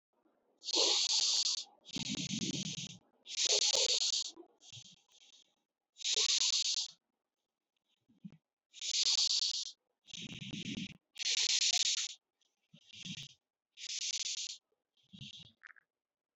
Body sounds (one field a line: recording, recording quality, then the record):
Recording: deep breathing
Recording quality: moderate, slight background noise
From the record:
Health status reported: healthy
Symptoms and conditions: none ticked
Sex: male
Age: 37 years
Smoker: not ticked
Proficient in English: yes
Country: India